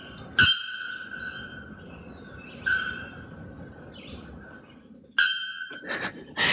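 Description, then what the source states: Bare-throated Bellbird calls: loud, explosive clanging notes with a ringing metallic tone, a few seconds apart, the last followed by quick bursts. Call of one of the two loudest birds in the world, louder than the white bellbird, as loud as standing beside a revving chainsaw.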